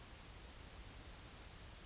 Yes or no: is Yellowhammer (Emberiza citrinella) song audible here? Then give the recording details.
yes. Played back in grassland. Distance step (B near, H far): D. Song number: 111